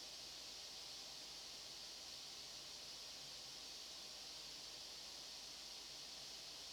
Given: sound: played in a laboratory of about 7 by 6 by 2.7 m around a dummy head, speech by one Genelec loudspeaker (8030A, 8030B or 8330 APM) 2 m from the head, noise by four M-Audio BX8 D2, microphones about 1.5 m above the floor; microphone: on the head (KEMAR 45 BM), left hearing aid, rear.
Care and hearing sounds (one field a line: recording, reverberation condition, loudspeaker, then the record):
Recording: white noise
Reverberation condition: low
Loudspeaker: four, about 170 cm from the corners of the room and facing them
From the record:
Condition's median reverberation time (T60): about 310 ms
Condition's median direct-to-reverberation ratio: about 3.5 dB